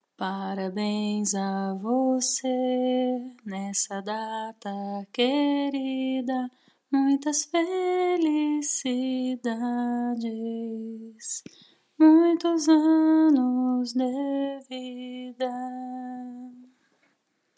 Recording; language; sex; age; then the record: short text; Brazilian Portuguese; female; 30 to 39 years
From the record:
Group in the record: control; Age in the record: 35 years